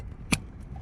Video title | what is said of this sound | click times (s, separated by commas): How to replace change Headlight bulb in Honda Accord 2013-2017 | Once you have the new bulb, same way, connect it with connector till it clicks and | 0.3 s